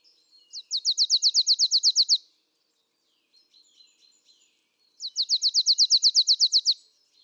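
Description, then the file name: Marsh tit with two bursts of rapid, high, downward-sliding notes about a dozen each, separated by a few seconds with faint scratchy twittering in between. "Poecile palustris"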